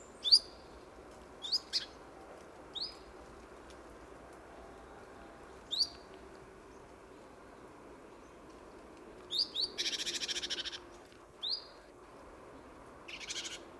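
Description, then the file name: Great tit calls: sparse high sharp notes in small groups, followed by a harsh buzzy rattle and a later short buzz. "Parus major"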